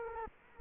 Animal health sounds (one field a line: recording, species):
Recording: mosquito wingbeat signal from an infrared sensor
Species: Culex quinquefasciatus